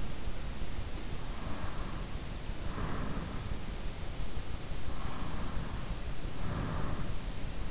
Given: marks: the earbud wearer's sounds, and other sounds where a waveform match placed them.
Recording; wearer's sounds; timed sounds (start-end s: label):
sounds in sleep by an in-ear microphone; breath
2.63-4.62 s: breath
4.99-7.43 s: breath